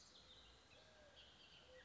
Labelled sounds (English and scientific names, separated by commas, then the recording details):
Bullock's Oriole (Icterus bullockii)
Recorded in Sonoma County, California